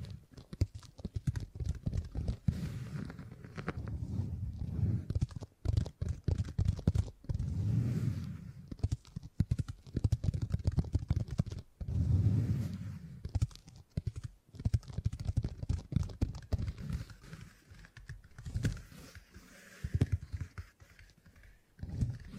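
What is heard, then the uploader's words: Dense crackling and sticky tapping as beeswax is handled, low and thick, with brief pauses near six, fourteen and twenty seconds. ASMR 20 Brain Tingly Sounds Using Beeswax (No Talking).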